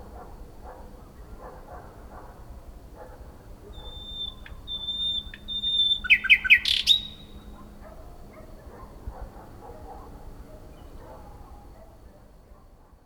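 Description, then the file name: Common nightingale song: a long thin steady whistle, then a short burst of loud rapid trilled notes, set against quiet background hiss. "Luscinia megarhynchos"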